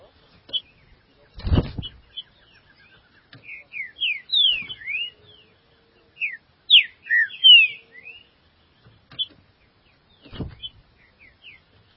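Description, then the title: Green-winged saltator whistling irregular phrases of slurred notes, interrupted by two loud low thumps and scattered soft clicks. "Trinca Ferro"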